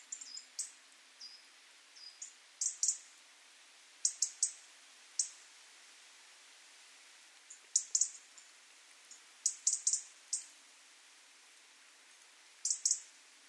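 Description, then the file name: European robin repeating high dry ticks in pairs and short runs, steady throughout, against a quiet background. "Erithacus rubecula"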